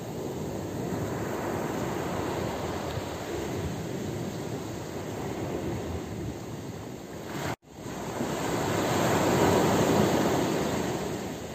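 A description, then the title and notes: Dense, steady roar of surf washing in, broken by a sudden brief silence near the middle before a fuller swell rises. Wave Sounds. Beautiful beach at sunset.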